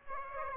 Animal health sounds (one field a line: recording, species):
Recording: mosquito wingbeat signal from an infrared sensor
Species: Aedes aegypti